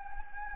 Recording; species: mosquito wingbeat signal from an infrared sensor; Anopheles gambiae